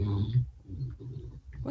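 Low, rumbling, buzzy breaths from Echo, a sleeping female pet dog: snoring, with a louder burst at the start.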